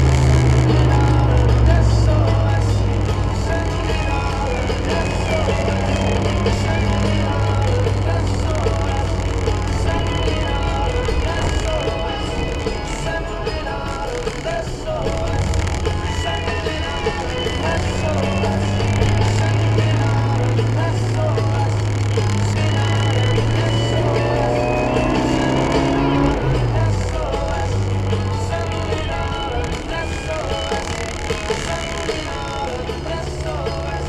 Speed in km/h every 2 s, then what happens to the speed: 76, 75, 81, 77, 73, 59, 50, 44, 52, 55, 54, 65, 71, 61, 53, 49, 49.
4-13 brakes to 44. 20-23 speeds up to 71. 24-29 brakes to 49.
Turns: none.